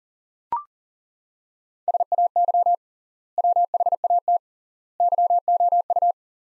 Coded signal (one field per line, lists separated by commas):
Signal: Morse code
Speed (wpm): 37 wpm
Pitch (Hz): 700 Hz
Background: none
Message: SAY WHAT YOU